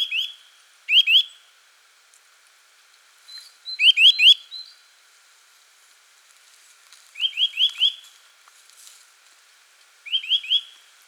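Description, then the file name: Eurasian nuthatch calling in clusters of two to four sharp upswept notes, repeated every few seconds. "Sitta europaea"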